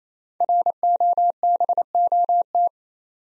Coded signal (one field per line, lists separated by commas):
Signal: Morse code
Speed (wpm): 28 wpm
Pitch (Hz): 700 Hz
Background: none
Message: ROBOT